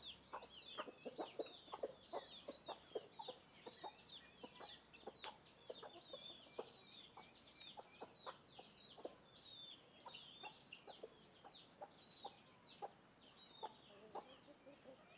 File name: Galinhas e pintinhos andando em volta do microfone